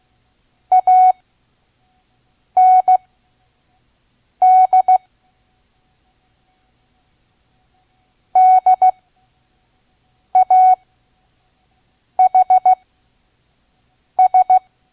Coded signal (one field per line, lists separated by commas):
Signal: Morse code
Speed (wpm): 16 wpm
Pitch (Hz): 740 Hz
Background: none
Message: AND DAHS